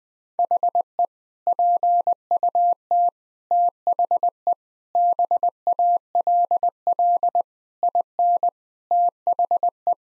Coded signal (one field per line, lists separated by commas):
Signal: Morse code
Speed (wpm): 21 wpm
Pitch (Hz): 700 Hz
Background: none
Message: HE PUT THE BALL IN THE